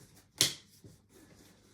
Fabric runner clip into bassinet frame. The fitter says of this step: pressing down so you hear those clicks